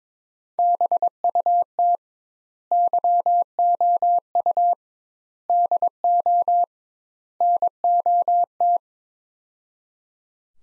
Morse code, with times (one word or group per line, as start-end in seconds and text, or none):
0.6-2.0 BUT
2.7-4.7 YOU
5.5-6.6 DO
7.4-8.8 NOT